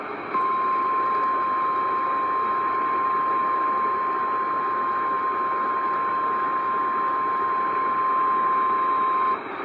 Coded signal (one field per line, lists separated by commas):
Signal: Emergency Alert System (SAME) tones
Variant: 1050 Hz attention tone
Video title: OHX’S ALL NIGHTER SHENANIGANS - EAS Alerts From 5/9/24 (EAS #1687-1690)